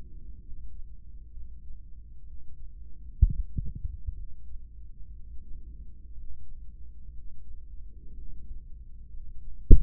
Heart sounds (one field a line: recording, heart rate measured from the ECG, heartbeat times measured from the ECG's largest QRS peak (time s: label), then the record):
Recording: heart sounds by microphone in the left ear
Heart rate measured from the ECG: 62 bpm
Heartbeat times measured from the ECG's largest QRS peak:
0.40 s: heartbeat
1.30 s: heartbeat
2.23 s: heartbeat
3.17 s: heartbeat
4.12 s: heartbeat
5.12 s: heartbeat
6.11 s: heartbeat
7.10 s: heartbeat
8.11 s: heartbeat
9.07 s: heartbeat
From the record:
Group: heart failure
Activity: rest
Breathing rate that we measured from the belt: 23 breaths a minute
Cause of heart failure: ischemic heart disease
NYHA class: 1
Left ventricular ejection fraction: 33%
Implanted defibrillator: present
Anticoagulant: apixaban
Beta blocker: carvedilol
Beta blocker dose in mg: 18.75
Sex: male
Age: 39 years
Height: 168 cm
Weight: 72 kg